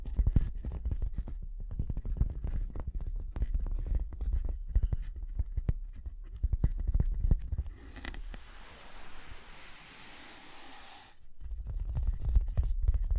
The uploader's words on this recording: Tapping and Scratching (No Talking).